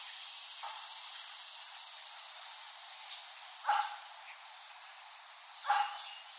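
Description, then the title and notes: Cicada chorus as a constant high hiss-like buzz, with a few short rough lower-pitched bursts from another sound breaking in. Cicadas in West Brighton, Staten Island, late summer 2008, by Dan Bodah. "Dronecast No. 021: The Cicadas of Summer. Recording of cicadas made by Dan Bodah in West Brighton, Staten Island, late summer 2008"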